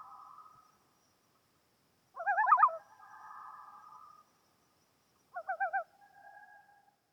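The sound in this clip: Loon calling with two quick quavering warbles, each followed by a sustained mournful tone, and a fading wail at the start; nothing else audible.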